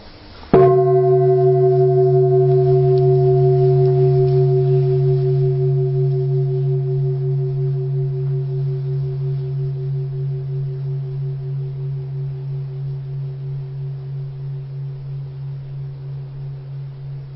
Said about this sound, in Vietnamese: Bây giờ mà các vị nghe tiếng chuông và tìm thử hơi thở tự nhiên của mình nha.